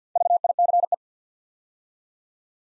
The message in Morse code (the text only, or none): VICE